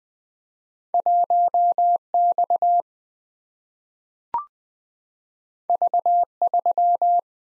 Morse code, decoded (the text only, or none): 1X V3